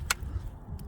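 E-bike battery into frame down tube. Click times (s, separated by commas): 0.1 s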